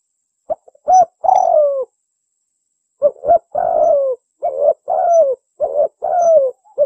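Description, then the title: Bird giving low, hollow cooing notes with downslurred ends, in two bursts of short and drawn-out coos separated by a second-long pause. Master recording used for training songbirds. "Master Burung Jos"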